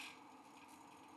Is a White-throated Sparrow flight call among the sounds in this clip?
no